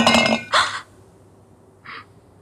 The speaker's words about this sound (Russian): Задевает и роняет стеклянную трехлитровую банку.